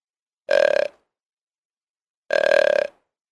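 Deer calls: two short, nasal, harmonic bleats about two seconds apart, each lasting about half a second, with silence between them.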